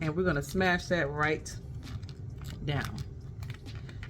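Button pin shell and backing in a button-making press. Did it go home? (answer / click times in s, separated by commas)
yes / 4.0 s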